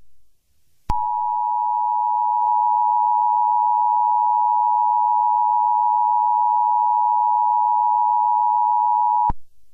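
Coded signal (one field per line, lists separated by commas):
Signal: Emergency Alert System (SAME) tones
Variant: 853 and 960 Hz attention tone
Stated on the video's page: Fake mock Kentucky Tornado Warning EAS alert.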